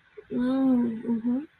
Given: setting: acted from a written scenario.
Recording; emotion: vocal sound without words; interest